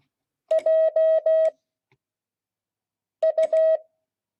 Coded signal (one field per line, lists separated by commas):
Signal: Morse code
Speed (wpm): 16 wpm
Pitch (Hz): 640 Hz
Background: none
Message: J U